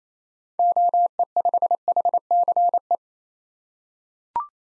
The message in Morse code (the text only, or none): OE5HCE